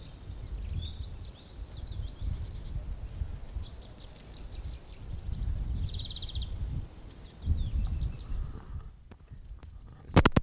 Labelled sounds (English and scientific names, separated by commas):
Common Nightingale (Luscinia megarhynchos)